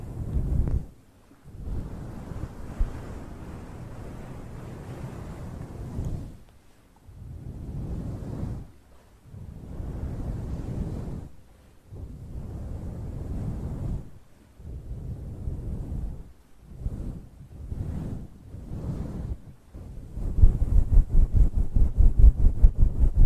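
An ear massage trigger: deep, muffled rubbing swells in bursts of one to three seconds, separated by brief silences. The sound stays low and soft. In the last few seconds the rubbing turns louder and denser, with quick regular crackles.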